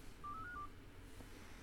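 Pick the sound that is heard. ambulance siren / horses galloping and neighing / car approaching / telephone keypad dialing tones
telephone keypad dialing tones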